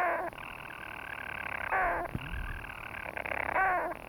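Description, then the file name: European storm petrel churring in a steady, rough purr with brief breaks and a louder swelling roughly every one and a half to two seconds. "Storm Petrel (Hydrobates pelagicus)"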